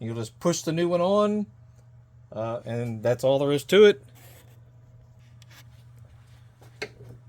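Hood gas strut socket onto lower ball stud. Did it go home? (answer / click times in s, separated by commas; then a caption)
yes / 6.8 s. Someone talks while the lower socket of a new hood gas strut on a 2017 Dodge Durango (same part as 2011–2024 Durango and Jeep Grand Cherokee) is pushed onto the ball stud on the body. After a quiet stretch with a few faint ticks, a single sharp click at 6.8 s marks the socket snapping over the ball and seating in place.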